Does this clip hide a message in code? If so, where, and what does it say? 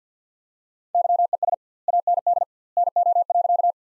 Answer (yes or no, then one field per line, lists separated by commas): yes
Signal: Morse code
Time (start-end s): 0.9-3.7 s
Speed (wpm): 50 wpm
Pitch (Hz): 700 Hz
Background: none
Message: YES AND NO.